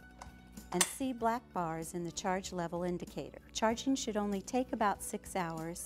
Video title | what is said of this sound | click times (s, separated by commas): SoloLift(2/2) | you'll know you've got it right when you hear this click | 0.2 s